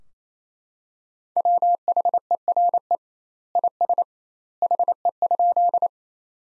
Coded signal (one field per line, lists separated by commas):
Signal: Morse code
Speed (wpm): 28 wpm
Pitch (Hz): 700 Hz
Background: none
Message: WHERE IS HE?